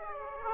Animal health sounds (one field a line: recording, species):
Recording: mosquito wingbeat signal from an infrared sensor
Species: Aedes aegypti